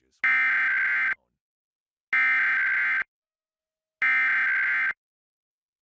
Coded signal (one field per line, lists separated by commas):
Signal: Emergency Alert System (SAME) tones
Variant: header bursts